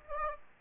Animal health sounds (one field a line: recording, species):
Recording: mosquito wingbeat signal from an infrared sensor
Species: Aedes aegypti